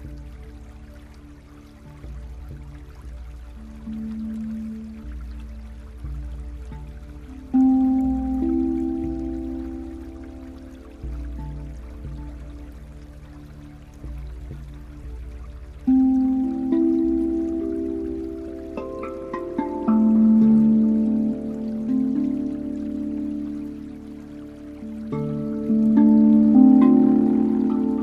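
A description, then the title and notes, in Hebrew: Tibetan singing bowls ring in long, overlapping tones, low and mellow with a few brighter overtones above. Fresh strikes land around 7, 16, 20 and 26 seconds, each swelling then slowly fading, while a soft hum lingers underneath throughout. הרפיה לפני השינה עם קערות טיבטיות.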